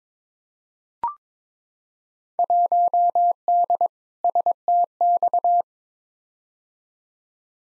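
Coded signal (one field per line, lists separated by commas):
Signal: Morse code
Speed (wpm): 22 wpm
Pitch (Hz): 700 Hz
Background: none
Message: 1D STX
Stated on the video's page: Field Day exchange copy practice at 22 wpm, each exchange sent, spoken, then sent again; exchanges weighted by 2019 participation.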